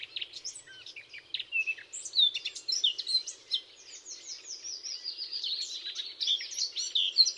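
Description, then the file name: Eurasian blackcap giving a lively, continuous warble of scratchy chirps mixed with clear, whistled fluty notes, over a soft low background hum. "Sylvia atricapilla"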